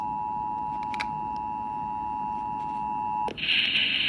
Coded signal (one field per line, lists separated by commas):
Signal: Emergency Alert System (SAME) tones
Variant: 853 and 960 Hz attention tone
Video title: 5/27/21 Severe Thunderstorm Warning On FM [EAS #491]